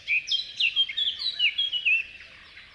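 Eurasian blackcap giving a short, brisk warbled phrase of bright whistled notes that fades out.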